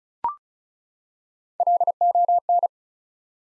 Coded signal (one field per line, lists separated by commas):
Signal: Morse code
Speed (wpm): 36 wpm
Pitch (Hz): 700 Hz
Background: none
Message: LON